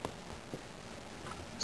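Two crimped metal pins are pushed into a plastic 16-way connector housing, with a brief sharp tick at 0.1 s and a small click at 1.6 s. One pin is in, but the second pin is not fully seated in the housing and has not reached its locking click.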